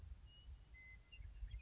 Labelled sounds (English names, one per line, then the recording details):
Western Meadowlark
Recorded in Sonoma County, California